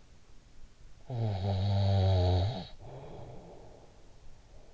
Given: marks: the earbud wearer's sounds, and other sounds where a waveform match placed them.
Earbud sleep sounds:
sounds in sleep by an in-ear microphone; snoring breath
0.77-4.52 s: snoring breath

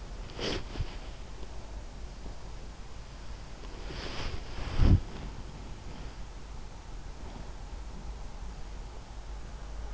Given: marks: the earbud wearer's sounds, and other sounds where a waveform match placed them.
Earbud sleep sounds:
sounds in sleep by an in-ear microphone; body movement
0.00-0.86 s: body movement
3.63-5.30 s: body movement

